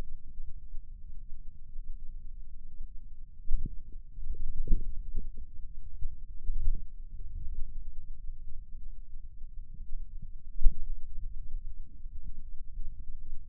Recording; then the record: forearm muscle sounds (acoustic myography)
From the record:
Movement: wrist flexion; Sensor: system 2, bracelet of six BSWA MPA416 microphones around the upper forearm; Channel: 1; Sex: male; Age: 22 years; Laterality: right